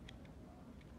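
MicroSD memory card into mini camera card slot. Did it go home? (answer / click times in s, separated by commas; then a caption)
no / none. A microSD memory card is handled at the card slot of a tiny button camera. Brief faint ticks are heard around 0.1 s and 0.3 s over a low background hum. Nothing has seated or clicked yet.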